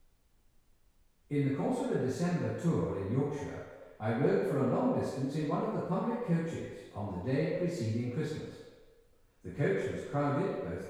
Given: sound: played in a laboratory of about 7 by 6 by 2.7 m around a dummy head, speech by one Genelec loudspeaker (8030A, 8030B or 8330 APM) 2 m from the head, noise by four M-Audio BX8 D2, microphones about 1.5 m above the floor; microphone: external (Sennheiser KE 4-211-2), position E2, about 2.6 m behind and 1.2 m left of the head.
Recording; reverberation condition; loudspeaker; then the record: male speech in English; high; behind (180 degrees)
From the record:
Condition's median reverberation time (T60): about 1300 ms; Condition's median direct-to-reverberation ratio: about -4.0 dB